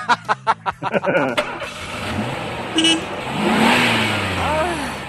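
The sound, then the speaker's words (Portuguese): A car engine coughs in a quick series of sputtering bursts, then catches and revs with a rising, whining pitch as the car accelerates away under a steady rumble of road noise. “Aí você andava mais 3 metros com o carro.”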